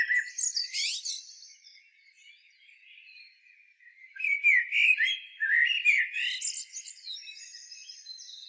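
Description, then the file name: Common blackbird song: a short warble with a high squeaky ending, a pause of a few seconds, then a longer rich, fluty phrase closing in thin twitters. "Turdus merula"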